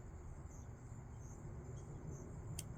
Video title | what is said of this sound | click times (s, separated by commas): Help keep my scooter secure! | Push that hole in. You hear that little click. | 2.6 s